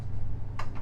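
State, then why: Seated. A sliding cabinet door latch inside a 2020 Tiffin Allegro Open Road 32 SA Class A motorhome: a switch is pressed down and a small interior door slides across. It latches with a sharp click at 0.6 s, followed by a fainter tick, over a low steady hum. The door locks in place.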